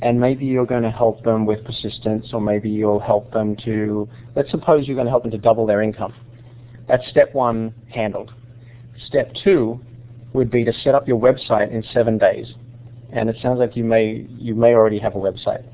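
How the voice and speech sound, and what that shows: One adult man speaks in a steady, conversational monologue at moderate pitch, with natural phrase pauses and a slight hesitation before a repeated phrase. The audio is narrowband and telephone-like, with a low hum underneath. The speech is ordinary and fluent.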